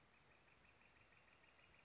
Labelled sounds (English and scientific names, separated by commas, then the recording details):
Northern Flicker (Colaptes auratus)
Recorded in Sonoma County, California